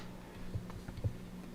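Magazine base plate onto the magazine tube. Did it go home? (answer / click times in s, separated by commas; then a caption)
no / none. A polymer base plate is pushed firmly onto a Glock 17 Gen 5 magazine tube, working past two small notches. Only faint handling scrapes and light ticks are heard, with a small sharp tick around 0.7 s. The plate has not seated or snapped in place yet.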